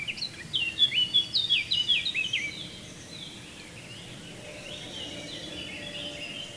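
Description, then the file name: Eurasian blackcap song, a brisk burst of clear twittering notes in the first two and a half seconds, followed by soft bird sounds and hiss. "Sylvia atricapilla"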